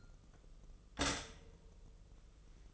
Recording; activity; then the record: daily activity, microphone in the room; stop toaster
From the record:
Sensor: 4